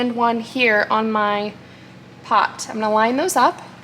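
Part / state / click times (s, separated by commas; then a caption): pressure canner lid onto canner pot / not seated / none. A metal pressure canner lid is handled above the canner pot while someone talks about lining up the marks on the lid and pot. Only speech and quiet handling are heard, and the lid has not yet dropped or seated onto the rim.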